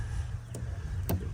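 An aftermarket Bluetooth audio module's plug-and-play harness connector is pushed onto the OEM audio cable connector of a BMW E85/E86, after first being tried the wrong way round against its keyways. Over a steady low hum, a faint tick at 0.5 s is followed by a sharp, louder click at 1.1 s as the connector seats.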